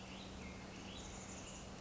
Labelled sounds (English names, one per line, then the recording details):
Western Tanager
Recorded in Sonoma County, California